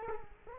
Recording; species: mosquito wingbeat signal from an infrared sensor; Culex quinquefasciatus